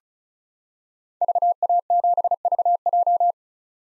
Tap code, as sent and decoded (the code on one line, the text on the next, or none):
none